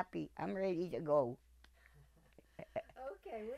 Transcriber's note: chuckles